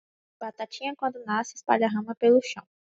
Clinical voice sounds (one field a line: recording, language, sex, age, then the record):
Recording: short text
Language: Brazilian Portuguese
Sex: female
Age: 20 to 29 years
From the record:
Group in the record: control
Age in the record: 26 years